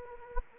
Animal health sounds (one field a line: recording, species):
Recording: mosquito wingbeat signal from an infrared sensor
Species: Anopheles gambiae